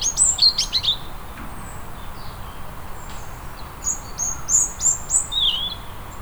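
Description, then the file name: European robin song: a jumbled burst of high notes at the start, then a phrase of repeated very high thin whistles ending in a lower warble. "Erithacus rubecula"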